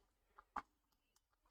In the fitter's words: just kind of straighten that there we go clicked